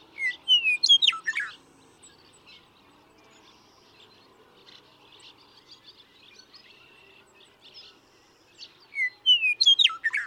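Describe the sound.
Western meadowlark song: two rich, warbled phrases dropping in pitch, one at the start and one at the end, separated by quiet with faint bird chatter.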